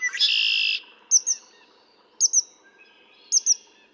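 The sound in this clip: Red-winged blackbird song, a loud buzzy trill at the start, then high sharp double chips repeated about every second.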